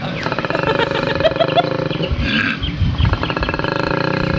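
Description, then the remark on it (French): A koala bellows in a loud, deep, rasping series of snore-like grunts, pulsing rhythmically without pause, with a few higher squeaky notes mixed in. “Évidemment que c'est un koala. Mais c'est un koala. Écoutons le son du koala.”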